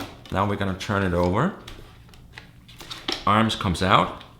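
Someone talks while a folding arm of a ProDrone BYRD quadcopter is handled and swung out toward its hinge lock on the quadcopter body, with a few faint handling taps between the words. The arm has not seated or clicked into its locked position yet.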